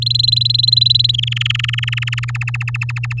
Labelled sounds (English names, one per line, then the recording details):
Domestic Canary song
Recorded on 10 May 2018 at 07:25
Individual llb16